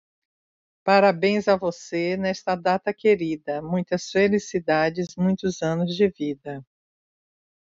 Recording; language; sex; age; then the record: short text; Brazilian Portuguese; female; 50 to 59 years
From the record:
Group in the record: control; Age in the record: 57 years